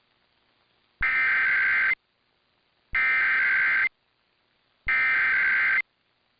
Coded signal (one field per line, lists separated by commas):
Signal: Emergency Alert System (SAME) tones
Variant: header bursts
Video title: [EAS #2218-2237] RWTs & RMTs from the week of 2/27/23